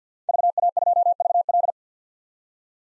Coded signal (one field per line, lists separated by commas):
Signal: Morse code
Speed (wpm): 50 wpm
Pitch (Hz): 700 Hz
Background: none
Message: VA2VL